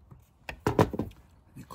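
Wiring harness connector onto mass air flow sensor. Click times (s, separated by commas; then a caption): 0.7 s. A wiring harness electrical connector is pushed down onto the mass air flow sensor of a 2016 Chevy 1500 LT with a 5.3 and its lock is engaged. A sharp click at 0.7 s marks it seating, surrounded by other short knocks and handling sounds, and someone talks. The connector is confirmed seated and locked in place.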